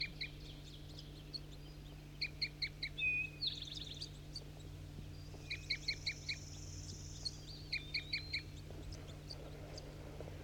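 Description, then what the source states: Crossbill calls, short sharp chips given in quick bursts and short runs, separated by pauses, over a steady low hum. Calls from one marked bird among a flock: four caught in a net (one juvenile, three males), plus three females and another red male loafing in a tree, apparently returning in response.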